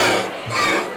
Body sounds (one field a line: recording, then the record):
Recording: coughing mixed with background sound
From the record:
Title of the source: Cough Around the Clock!